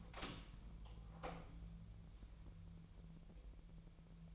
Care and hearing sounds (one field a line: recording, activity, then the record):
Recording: daily activity, microphone in the room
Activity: open door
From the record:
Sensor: 1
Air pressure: 1001.2 hPa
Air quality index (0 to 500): 249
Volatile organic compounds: 143 ppm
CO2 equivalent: 3990 ppm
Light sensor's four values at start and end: 12/30/12/13 and 13/30/12/14